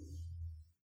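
A single low, rumbling snore lasting under a second, steady and then fading out, with almost nothing above a deep growl-like pitch. It comes from Sparty, a pet dog lying down on the floor, and it is quite a snore.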